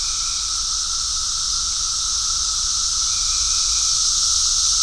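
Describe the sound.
Cicadas droning in a steady high hiss that grows a little louder toward the end, with a thin sustained whine and faint low hum.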